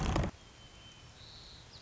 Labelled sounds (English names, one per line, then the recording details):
White-crowned Sparrow
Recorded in Sonoma County, California